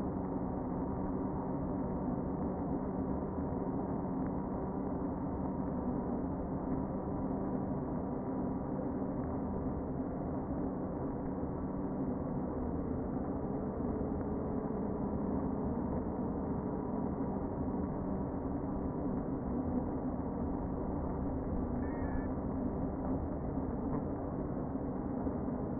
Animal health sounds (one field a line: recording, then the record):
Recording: honeybee colony, microphone inside the hive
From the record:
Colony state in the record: queen present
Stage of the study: before two queens were removed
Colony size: about 60,000 bees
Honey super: yes